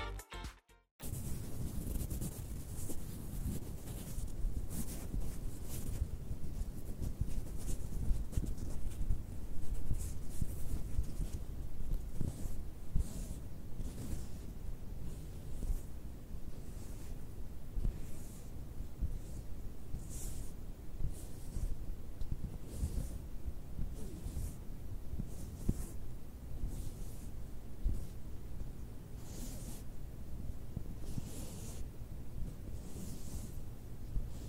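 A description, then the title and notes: Fabric is scratched and rubbed in a continuous, dense stream after a brief silent gap at the very start. Crisp, bright scratching strokes flick through every second or two over a steady, low, rumbling rustle that never lets up. ASMR FABRIC SOUNDS, FABRIC SCRATCHING, FABRIC RUBBING, ASMR NO TALKING TRIGGERS WITH TINGLES.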